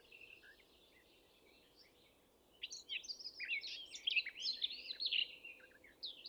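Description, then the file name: Eurasian blackcap song: a few soft notes at first, then after a few seconds a burst of varied, jumbled warbling notes over a soft background hiss. "Sylvia atricapilla"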